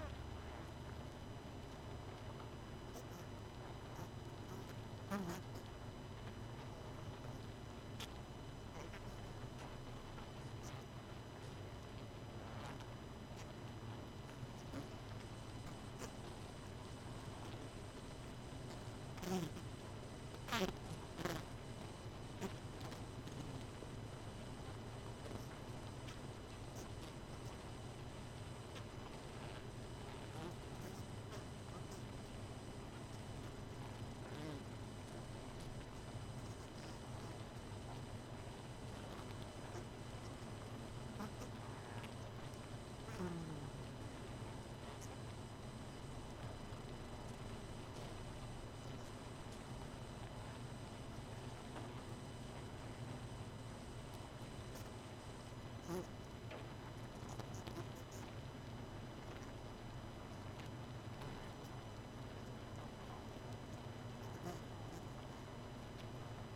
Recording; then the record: honeybee colony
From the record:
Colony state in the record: missing queen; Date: 31 May 2018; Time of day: 23:05